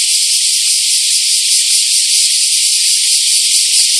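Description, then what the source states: Bear cicada song, a dense, unbroken high buzz that stays level throughout, with no other clear sounds. Recorded 23 July 2011.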